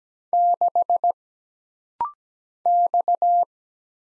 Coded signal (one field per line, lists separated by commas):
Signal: Morse code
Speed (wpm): 17 wpm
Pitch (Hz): 700 Hz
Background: none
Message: 6 X